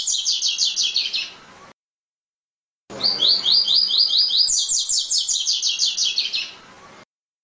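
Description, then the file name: Double-collared seedeater song: the tail of a phrase, a short pause, then a full song of rapid high chips giving way to a long buzzy, slightly descending series. "Canto do Coleiro"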